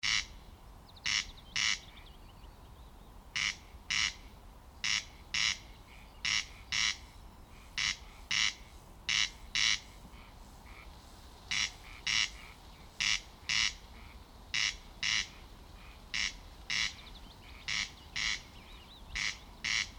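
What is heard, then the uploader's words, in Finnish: A corncrake calls from the grass, giving its dry, rasping double note over and over at a steady, even rhythm through the whole clip. The rasps are loud and bright, set against a constant low rumble in the background. Kuuntele kuinka ruisrääkkä ääntelee heinikossa. Ruisrääkän paras tuntomerkki on sen erikoinen kaksitavuinen surahtava narina 'rääk rääk´'. Alkukesän öinä.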